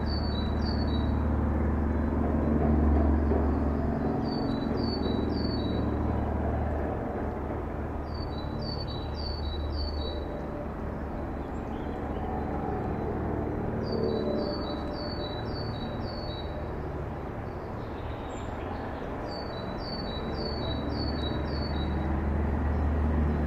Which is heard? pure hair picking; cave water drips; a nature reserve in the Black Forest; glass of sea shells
a nature reserve in the Black Forest